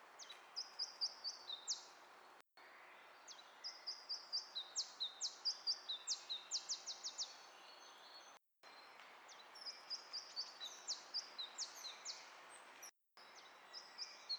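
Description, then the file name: Iberian chiffchaff song, repeated high-pitched phrases of even notes speeding into a quicker run, with short pauses between them. "iberischer zilpzalp"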